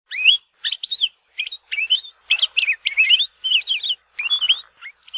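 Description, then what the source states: Palila calls: bright, high chirped and whistled notes in short clusters, with brief pauses between. Largest of the remaining Hawaiian honeycreepers, a finchbill; yellow head and breast, gray back, cream belly, thick hooked bill; found in mamane-tree forests.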